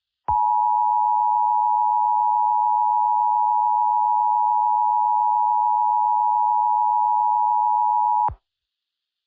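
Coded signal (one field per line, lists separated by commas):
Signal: Emergency Alert System (SAME) tones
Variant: 853 and 960 Hz attention tone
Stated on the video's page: SAME tones in a fictional EAS scenario about a tornado outbreak, not a real alert.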